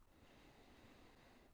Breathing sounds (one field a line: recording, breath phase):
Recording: one breath near a microphone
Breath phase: inhalation